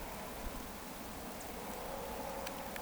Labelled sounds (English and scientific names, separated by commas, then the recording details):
Eurasian Woodcock (Scolopax rusticola) whistle
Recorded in Baden-Württemberg, Germany, on 14 June 2020 at 20:24 UTC
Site 14569, 102 m above sea level